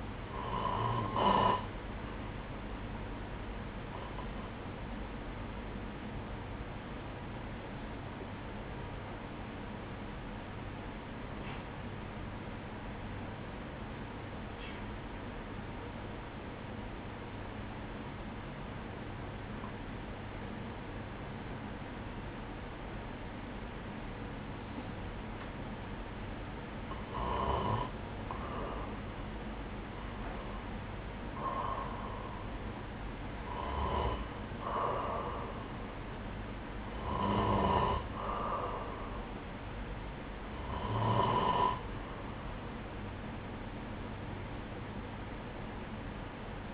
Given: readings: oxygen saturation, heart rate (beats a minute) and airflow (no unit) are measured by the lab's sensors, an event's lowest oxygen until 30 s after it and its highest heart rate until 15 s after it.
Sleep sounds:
breathing in sleep by a voice recorder at the bedside; 1
6.00-28.20 s: hypopnea (N3, oxygen 96% highest, then 92% lowest, heart rate 64 at the start, 71 highest)
25.00-46.74 s: new sleep stage, N2 (light sleep)
From the record:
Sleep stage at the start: N3 (deep sleep); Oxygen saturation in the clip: 92 to 96%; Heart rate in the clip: 63 to 71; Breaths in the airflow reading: 12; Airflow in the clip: -8.8 to 9.0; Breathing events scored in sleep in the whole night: 180 in 6.7 hours asleep

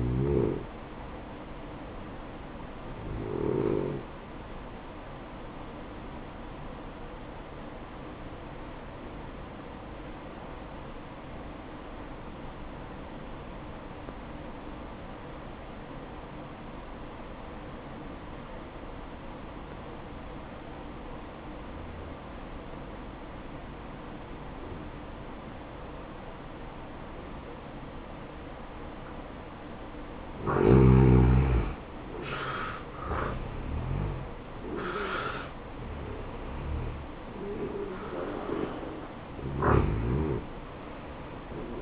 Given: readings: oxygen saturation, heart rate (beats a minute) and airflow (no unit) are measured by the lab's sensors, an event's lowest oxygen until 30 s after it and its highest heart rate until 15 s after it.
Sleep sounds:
breathing in sleep by a voice recorder at the bedside; 1
7.00-32.30 s: hypopnea (N1, oxygen 95% highest, then 85% lowest, heart rate 58 at the start, 73 highest)
From the record:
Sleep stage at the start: N1 (lightest sleep); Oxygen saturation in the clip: 85 to 95%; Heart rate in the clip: 57 to 73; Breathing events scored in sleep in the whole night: 573 in 9.8 hours asleep

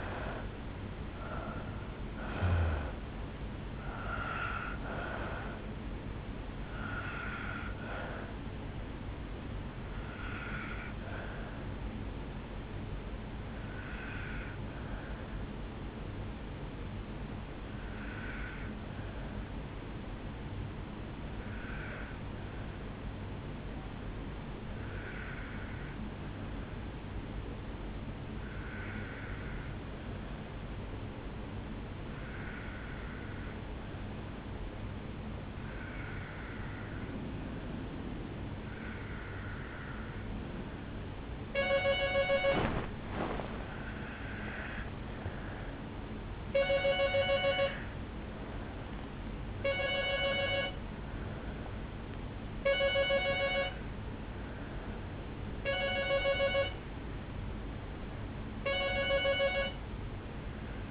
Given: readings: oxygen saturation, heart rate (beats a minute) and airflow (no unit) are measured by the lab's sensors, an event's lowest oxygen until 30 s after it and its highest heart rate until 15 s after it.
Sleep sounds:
breathing in sleep by a voice recorder at the bedside; 1
18.00-42.60 s: obstructive apnea (N2, oxygen 98% highest, then 89% lowest, heart rate 55 at the start, 67 highest)
44.00-60.91 s: new sleep stage, N1 (lightest sleep)
From the record:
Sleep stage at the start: N2 (light sleep); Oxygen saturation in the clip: 79 to 98%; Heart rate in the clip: 53 to 71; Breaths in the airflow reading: 8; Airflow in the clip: -9.4 to 5.2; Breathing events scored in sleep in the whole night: 449 in 7.0 hours asleep

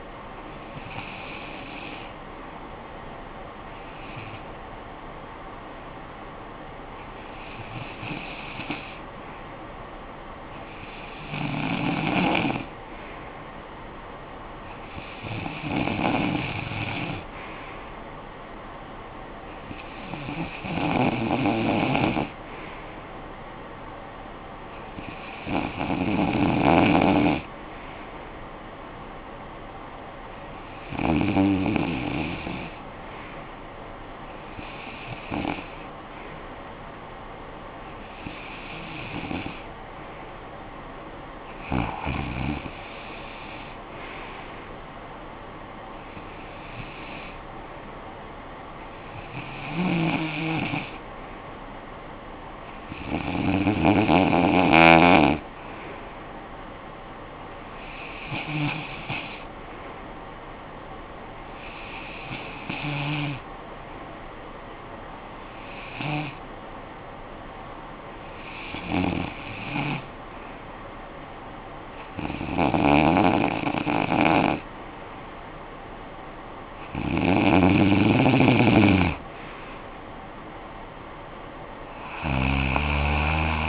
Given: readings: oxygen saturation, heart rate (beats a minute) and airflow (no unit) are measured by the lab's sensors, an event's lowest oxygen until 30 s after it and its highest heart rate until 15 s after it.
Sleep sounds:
breathing in sleep by a voice recorder at the bedside; none
none scored
From the record:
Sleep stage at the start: REM sleep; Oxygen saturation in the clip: 92 to 96%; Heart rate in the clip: 57 to 70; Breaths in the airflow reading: 21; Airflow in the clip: -13.5 to 7.6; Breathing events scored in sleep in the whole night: 445 in 7.6 hours asleep

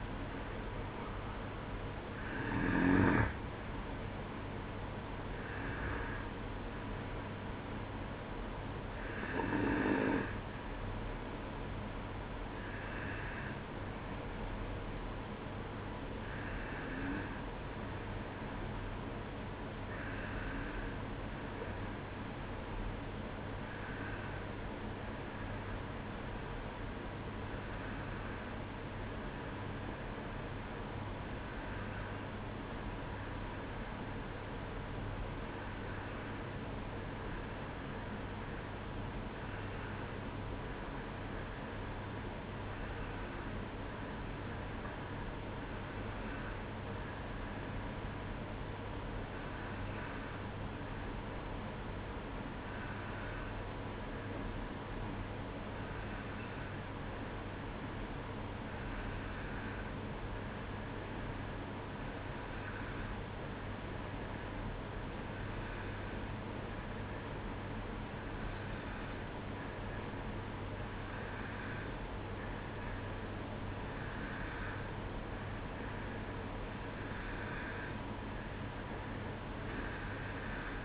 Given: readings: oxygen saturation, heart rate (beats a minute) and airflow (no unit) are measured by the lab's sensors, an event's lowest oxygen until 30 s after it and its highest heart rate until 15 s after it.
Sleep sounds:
breathing in sleep by a voice recorder at the bedside; 1
20.00-73.80 s: hypopnea (N2, oxygen 95% highest, then 91% lowest, heart rate 61 at the start, 64 highest)
From the record:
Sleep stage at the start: N2 (light sleep); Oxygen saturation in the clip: 89 to 95%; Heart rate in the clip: 60 to 70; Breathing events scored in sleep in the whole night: 305 in 9.6 hours asleep

